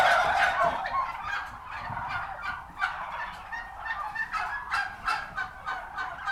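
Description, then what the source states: Turkeys gobbling in a flock, rapid rattling bursts overlapping almost continuously, several birds calling at once. Recorded at a turkey farm.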